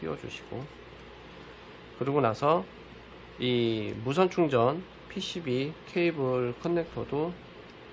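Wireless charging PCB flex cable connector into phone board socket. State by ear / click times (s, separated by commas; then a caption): not seated / none. During a Galaxy S10 5G display replacement, the wireless charging PCB flex cable connector is being handled toward its socket on the phone board. Someone talks throughout over a steady low background hum. The clip ends before the connector goes home, so nothing has seated or clicked yet.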